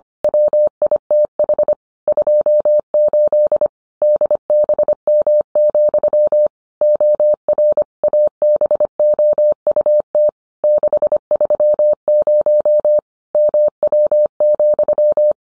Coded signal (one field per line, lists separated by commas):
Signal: Morse code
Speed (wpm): 25 wpm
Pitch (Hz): 600 Hz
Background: none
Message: WITH 28 DBM, OR ABOUT 630 MW,